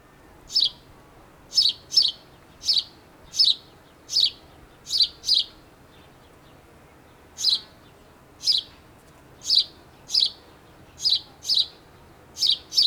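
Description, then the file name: House sparrow chirping, short bright repeated chirps in loose runs, often paired, with a pause of about two seconds midway, over a faint low background hum. "Passer domesticus"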